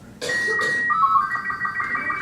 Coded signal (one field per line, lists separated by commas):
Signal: SSTV (slow-scan television)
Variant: Robot 36